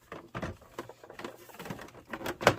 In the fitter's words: and it just snaps in place, and then I'm gonna let Alex do the other one.